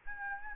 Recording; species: mosquito wingbeat signal from an infrared sensor; Aedes albopictus